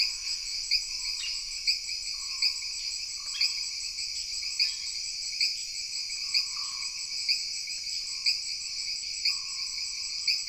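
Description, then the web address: Jungle insects buzzing in layered high trills, with a sharp pulse repeating roughly once a second and brief lower humming notes coming and going. Jungle background ambience of insects with frogs. "Sony Pictures Sound Effects Series Backgrounds Jungle Insects With Frogs"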